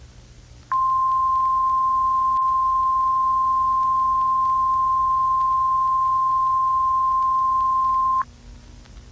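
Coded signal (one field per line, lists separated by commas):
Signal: Emergency Alert System (SAME) tones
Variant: 1050 Hz attention tone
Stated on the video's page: Fictional alert scenario imagining a Cold War 1980s nuclear attack broadcast.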